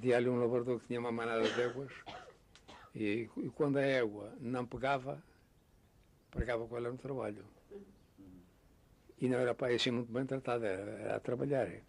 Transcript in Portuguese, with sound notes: Havia ali um lavrador que tinha uma manada de éguas e qu- quando a égua não pegava, [pausa] pregava com ela no trabalho. [pausa] E não era para aí assim muito bem tratada; era era a trabalhar.